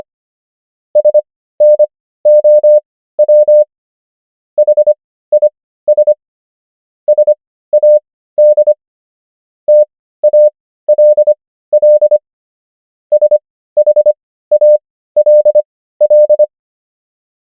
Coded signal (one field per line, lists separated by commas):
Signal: Morse code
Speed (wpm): 25 wpm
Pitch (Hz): 600 Hz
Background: none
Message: SNOW HIS SAD TALL SHALL